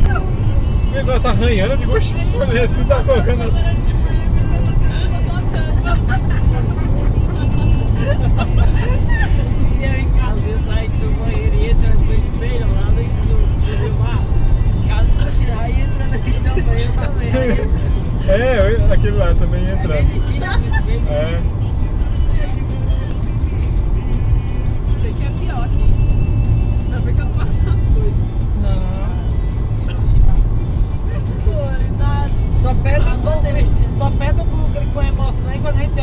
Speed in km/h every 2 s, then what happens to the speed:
125, 125, 125, 126, 125, 122, 120, 118, 118, 117, 113, 110, 105, 99, 100, 102, 105, 108.
0-17 steady at about 125. 17-26 slows to 99. 26-36 speeds up to 108.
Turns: none.